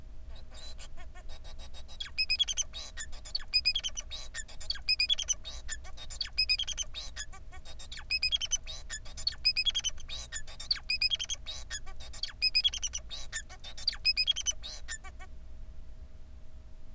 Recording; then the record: song of a male Bengalese finch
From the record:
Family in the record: son of father 4